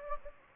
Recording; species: mosquito wingbeat signal from an infrared sensor; Anopheles gambiae